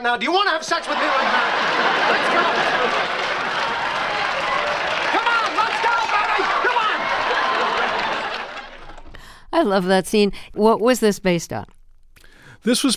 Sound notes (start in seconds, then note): 0.7 laughter; 9.8 laughter